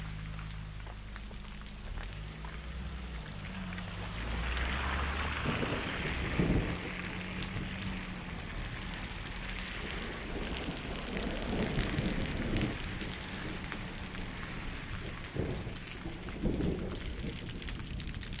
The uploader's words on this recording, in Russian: Саундскейп - погружение в атмосферу Горного Дагестана. Прогуляйся по высокогорному селу Гуниб. Послушай раскаты грома, шум дождя, звуки бегущей воды.